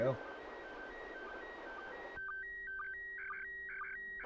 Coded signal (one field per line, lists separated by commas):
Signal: SSTV (slow-scan television)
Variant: PD 120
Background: speech